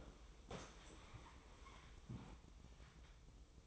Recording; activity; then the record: daily activity, microphone in the room; sit down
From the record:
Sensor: 1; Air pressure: 1005.0 hPa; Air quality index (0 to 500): 124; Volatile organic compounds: 5 ppm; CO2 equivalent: 1740 ppm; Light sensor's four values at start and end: 11/27/11/11 and 11/27/11/12